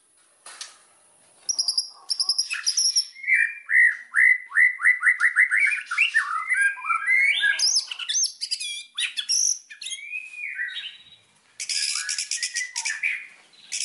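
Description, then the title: White-rumped shama song with a long run of rapid repeated whistled notes, then tumbling varied phrases and a harsh rattling burst near the end. Song used as a lure to provoke a strong response; described as gacor, meaning singing loudly and continuously. "PANCINGAN MURAI BATU GACORSEKALI"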